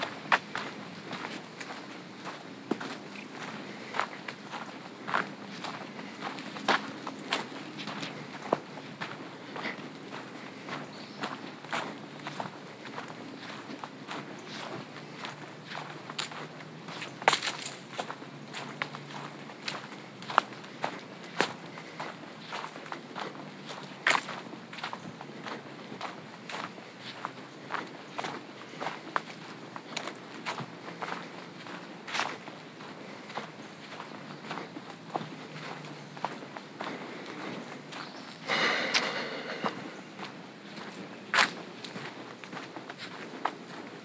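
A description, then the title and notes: Hiking boots crunch and scuff steadily over gravel at a walking pace, with heavier grinding steps around 17 and 38 seconds. Sounds of birds singing in the trees, the scuff of hiker’s boots, and crunching gravel underfoot.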